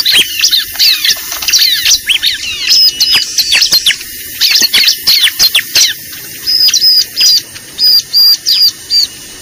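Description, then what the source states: Bar-winged prinia calls: busy high chirping early, then spaced, evenly repeated hooked whistle notes. Lure call used for trapping (pikat) Bar-winged prinia, known locally as ciblek, described as effective.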